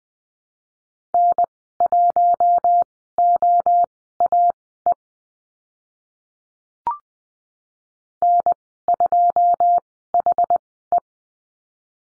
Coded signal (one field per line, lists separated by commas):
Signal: Morse code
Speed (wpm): 20 wpm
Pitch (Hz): 700 Hz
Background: none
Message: N1OAE N2HE